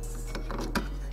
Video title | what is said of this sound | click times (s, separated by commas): How To Change A Cartridge On An Epson Stylus SX610FW | hear the click and | 0.8 s